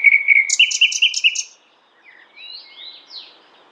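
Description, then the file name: Common nightingale phrase: a steady whistled note, then five quick buzzy pulses, followed by a few soft sweeping chirps. "Luscinia megarhynchos"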